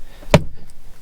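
A Peugeot RCZ steering wheel is rocked back and forth and pulled toward the person on its tight interference-fit spline on the steering column, with the retaining bolt left on for safety. A sharp click at 0.3 s marks the wheel breaking free from the spline, followed by quiet rustling.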